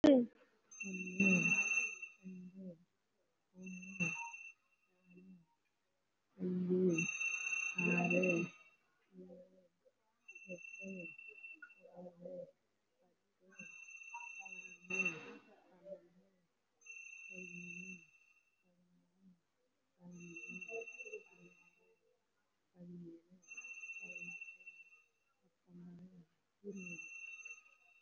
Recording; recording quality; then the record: counting at a normal pace; moderate, slight background noise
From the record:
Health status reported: COVID-19 positive, moderate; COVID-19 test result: positive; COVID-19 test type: RT-PCR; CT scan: taken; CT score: 3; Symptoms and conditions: cough, cold, sore throat, fever, muscle pain, loss of smell and taste, another respiratory illness, hypertension, another condition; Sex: female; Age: 60 years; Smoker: no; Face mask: worn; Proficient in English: no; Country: India